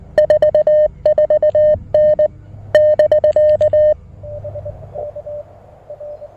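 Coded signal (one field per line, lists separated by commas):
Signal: Morse code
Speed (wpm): 19 wpm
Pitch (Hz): 1800 Hz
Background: none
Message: 44N <BK>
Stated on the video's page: QRP Parks on the Air activation on 20 and 40 meters with a Mountain Topper MTR-4B V2.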